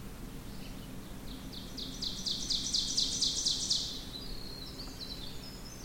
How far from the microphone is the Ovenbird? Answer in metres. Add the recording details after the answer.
about 50 m. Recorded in boreal forest in Alberta, Canada, on 16 June 2016 at 06:39. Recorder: SongMeter 3, array SBT-3-32. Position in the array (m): 152 m, 33 m. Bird 36